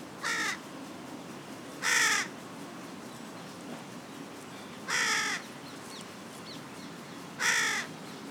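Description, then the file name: Carrion crow calling with four rasping caws at uneven intervals over steady background noise. "Corvus corone"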